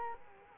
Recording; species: mosquito wingbeat signal from an infrared sensor; Culex quinquefasciatus